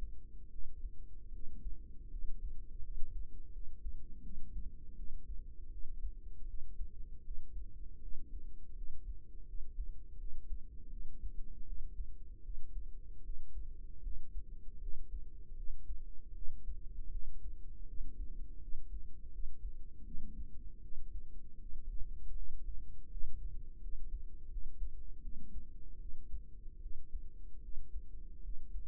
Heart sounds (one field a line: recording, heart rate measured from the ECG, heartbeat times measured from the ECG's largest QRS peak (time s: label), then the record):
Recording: heart sounds by microphone in the right ear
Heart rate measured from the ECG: 80 bpm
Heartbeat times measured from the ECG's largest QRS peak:
0.49 s: heartbeat
1.30 s: heartbeat
2.08 s: heartbeat
2.81 s: heartbeat
3.50 s: heartbeat
4.21 s: heartbeat
4.94 s: heartbeat
5.68 s: heartbeat
6.45 s: heartbeat
7.21 s: heartbeat
7.99 s: heartbeat
8.73 s: heartbeat
9.44 s: heartbeat
10.16 s: heartbeat
10.88 s: heartbeat
11.64 s: heartbeat
12.41 s: heartbeat
13.21 s: heartbeat
14.01 s: heartbeat
14.78 s: heartbeat
15.54 s: heartbeat
16.32 s: heartbeat
17.09 s: heartbeat
17.85 s: heartbeat
18.59 s: heartbeat
19.29 s: heartbeat
20.03 s: heartbeat
20.80 s: heartbeat
21.57 s: heartbeat
22.33 s: heartbeat
23.07 s: heartbeat
23.79 s: heartbeat
24.47 s: heartbeat
25.20 s: heartbeat
25.97 s: heartbeat
26.78 s: heartbeat
27.59 s: heartbeat
28.40 s: heartbeat
From the record:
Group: healthy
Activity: cold pressor test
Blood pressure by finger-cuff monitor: 121/66 mmHg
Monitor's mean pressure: 84 mmHg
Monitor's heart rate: 78 bpm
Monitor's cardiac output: 6.4 L/min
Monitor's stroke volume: 81 mL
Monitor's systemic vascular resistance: 970 dyn s/cm5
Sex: female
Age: 32 years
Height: 168 cm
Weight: 61.9 kg